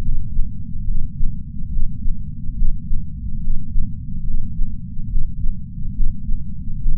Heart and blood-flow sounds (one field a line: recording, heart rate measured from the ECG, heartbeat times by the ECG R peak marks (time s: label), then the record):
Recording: heart sounds by patch sensor on the chest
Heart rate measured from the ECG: 71 bpm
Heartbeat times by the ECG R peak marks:
0.02 s: heartbeat
0.85 s: heartbeat
1.70 s: heartbeat
2.55 s: heartbeat
3.41 s: heartbeat
4.25 s: heartbeat
5.08 s: heartbeat
5.94 s: heartbeat
6.79 s: heartbeat
From the record:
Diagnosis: coronary artery disease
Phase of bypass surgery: preoperative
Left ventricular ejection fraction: 60.7%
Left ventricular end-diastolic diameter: 49 mm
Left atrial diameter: 38 mm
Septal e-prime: 7.7 cm/s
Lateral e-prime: 8.9 cm/s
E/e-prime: 8.7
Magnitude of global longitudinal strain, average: 16.3%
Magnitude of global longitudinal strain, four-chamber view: 16.1%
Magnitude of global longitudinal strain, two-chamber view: 16.3%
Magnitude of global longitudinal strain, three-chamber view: 16.5%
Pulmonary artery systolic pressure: 21 mmHg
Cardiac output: 4.8 L/min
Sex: male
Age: 58 years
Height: 170 cm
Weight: 80 kg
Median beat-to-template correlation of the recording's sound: 0.88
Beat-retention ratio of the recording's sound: 1.00